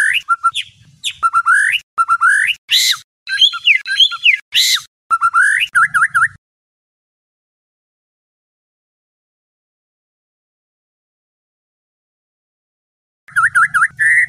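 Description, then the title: White-rumped shama song: bursts of varied sharp notes and whistles in the first six seconds, a long silence, then a final short phrase. Song in labaik style, used for training other birds. "MASTERAN MURAI BATU LABAIK"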